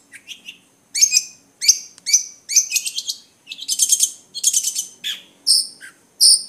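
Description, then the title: Long-tailed shrike song: a varied run of sharp chirps, buzzy trills and high whistles in quick succession, ending with loud clipped notes. Combination song. "Kicau Pentet Kombinasi"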